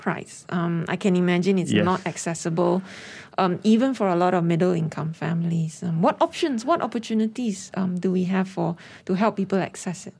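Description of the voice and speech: One adult woman speaks fluently in a clear, steady mid-pitched voice, with natural intonation and a few brief pauses and fillers. Articulation and voice quality are ordinary, consistent with typical adult speech without a speech disorder.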